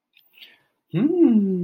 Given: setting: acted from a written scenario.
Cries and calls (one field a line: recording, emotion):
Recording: vocal sound without words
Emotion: interest